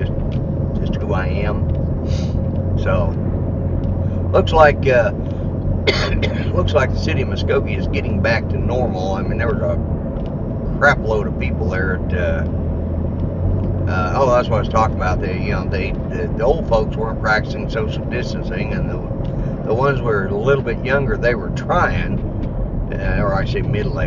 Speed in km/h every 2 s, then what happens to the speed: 55, 56, 56, 58, 56, 56, 58, 56, 56, 53, 47, 37.
0-16 steady at about 56. 16-24 slows to 37.